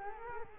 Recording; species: mosquito wingbeat signal from an infrared sensor; Culex quinquefasciatus